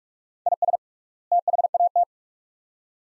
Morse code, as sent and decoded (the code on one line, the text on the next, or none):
.. ... / - .... .- -
IS THAT